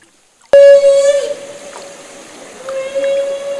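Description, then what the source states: Humpback whale feeding call: a sudden loud blast of a steady harmonic tone that fades, then rises again more softly near the end. Humpback whale call made during bubble-net feeding.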